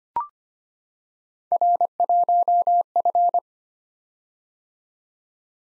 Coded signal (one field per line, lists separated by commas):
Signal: Morse code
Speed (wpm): 26 wpm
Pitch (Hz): 700 Hz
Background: none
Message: R1F